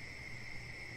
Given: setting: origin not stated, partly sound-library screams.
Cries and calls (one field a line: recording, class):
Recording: one-second piece from a danger detection set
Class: normal situation